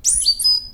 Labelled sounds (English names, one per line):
Stitchbird song